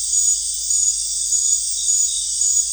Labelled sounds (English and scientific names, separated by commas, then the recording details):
none
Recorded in secondary vegetation near Puerto Asís, Putumayo, Colombia, on 20 December 2024 at 19:00
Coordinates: 0.484, -76.319
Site GP06